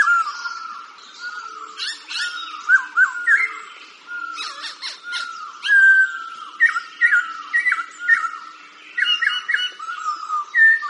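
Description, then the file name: Laughingthrush singing a long, varied series of whistled notes, upslurs and crackling chatter, the phrases coming in quick succession with short pauses. "Khuou"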